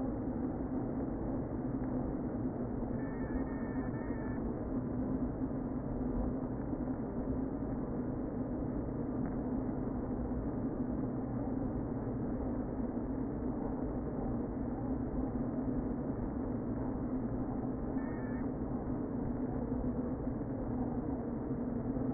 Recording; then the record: honeybee colony, microphone inside the hive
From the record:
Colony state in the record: queen present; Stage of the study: before two queens were removed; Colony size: about 60,000 bees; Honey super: yes